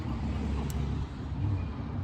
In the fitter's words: just got to get it so it pushes all the way down until it clicks, and